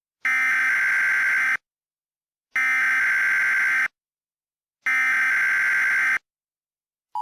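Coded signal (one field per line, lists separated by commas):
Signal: Emergency Alert System (SAME) tones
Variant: header bursts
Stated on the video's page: Mock EAS alert, a fictional recreation.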